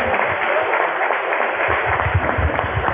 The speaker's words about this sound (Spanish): Un aplauso para estos relatos.